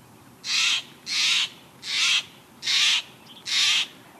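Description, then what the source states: Steller's Jay calls: five harsh, rasping notes in a series, a little more than one per second. Raucous call of a jay at a bird feeder out west.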